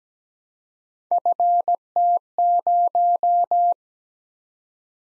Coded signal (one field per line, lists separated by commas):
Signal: Morse code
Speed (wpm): 17 wpm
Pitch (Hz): 700 Hz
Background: none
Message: FT0